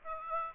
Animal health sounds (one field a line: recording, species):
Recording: mosquito wingbeat signal from an infrared sensor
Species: Aedes aegypti